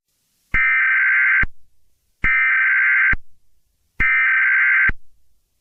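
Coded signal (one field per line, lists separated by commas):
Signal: Emergency Alert System (SAME) tones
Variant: header bursts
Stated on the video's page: Fictional EAS scenario, a simulated horror alert.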